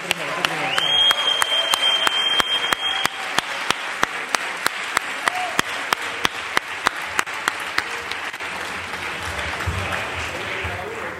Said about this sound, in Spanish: Y para presentar este premio, por favor, un fuertísimo aplauso